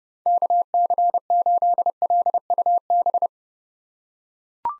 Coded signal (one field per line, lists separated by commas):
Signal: Morse code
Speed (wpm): 30 wpm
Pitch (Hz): 700 Hz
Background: none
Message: KC8LUB